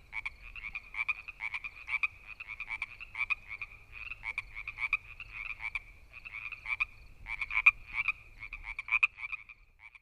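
Frog: rattly, pulsed croaks, short trilling notes following one another irregularly over a steady low background hum.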